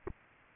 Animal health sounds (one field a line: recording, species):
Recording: mosquito wingbeat signal from an infrared sensor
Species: Culex pipiens